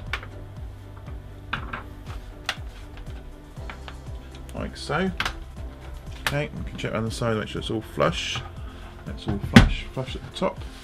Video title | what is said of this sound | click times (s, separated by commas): Upgrading My Dell Inspiron M53030 Laptop with a new SSD Drive | push the case down so it click into place oh like | 0.1 s, 1.5 s, 2.5 s